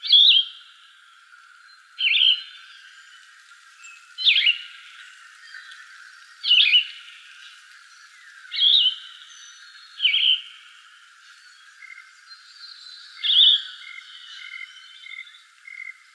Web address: Shrikes Vireos YTVI 090308. deviche